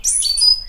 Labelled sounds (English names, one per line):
Stitchbird song